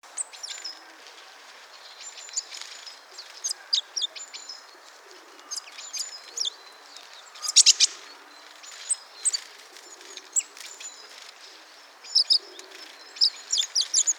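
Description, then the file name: Eurasian blue tit giving thin, very high chips scattered throughout, with a few louder bursts among them. "Cyanistes caeruleus"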